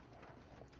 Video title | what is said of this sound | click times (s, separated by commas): The Screen Savers - Install a Motherboard | Wow, that is one ornery piece of memory, and it's in place. But you heard it pop. Yeah, it was a nice solid click. | 0.6 s